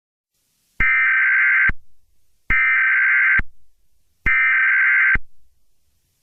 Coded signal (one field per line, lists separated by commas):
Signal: Emergency Alert System (SAME) tones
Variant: header bursts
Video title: Nuclear Attack 2 (EAS Scenario)